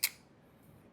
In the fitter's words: and then you want to get it out you pinch this again you hear a click then